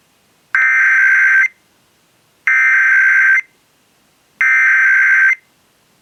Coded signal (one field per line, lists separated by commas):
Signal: Emergency Alert System (SAME) tones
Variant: header bursts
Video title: This is THE Maryland. | EAS #15-19 | Required Monthly Test (RMT) | May 27th, 2026